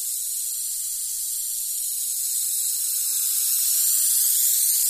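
Rattlesnake rattle, a continuous dry sizzling buzz that holds steady and swells slightly toward the end.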